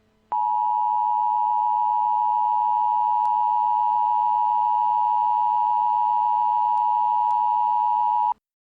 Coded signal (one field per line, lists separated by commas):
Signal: Emergency Alert System (SAME) tones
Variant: 853 and 960 Hz attention tone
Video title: Tornado Emergency EAS Alert Remake | Pasadena, TX Tornado |